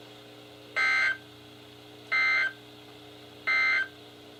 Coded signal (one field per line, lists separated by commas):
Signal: Emergency Alert System (SAME) tones